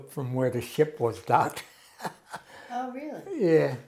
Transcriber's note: chuckles